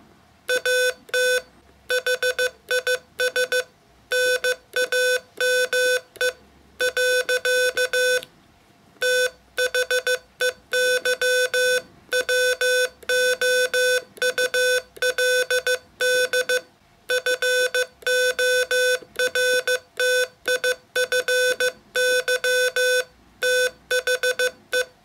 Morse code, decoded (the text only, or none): AT HIS NAME . THEY WOULD FORTIFY THE